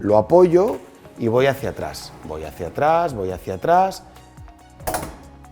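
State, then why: Not seated. A kitchen drawer with its front reattached is set back onto its runner guides and pushed back toward home while someone talks. Two faint knocks are heard near 4.5 s and 5.5 s, but nothing has seated or clicked into the guide yet.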